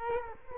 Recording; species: mosquito wingbeat signal from an infrared sensor; Culex quinquefasciatus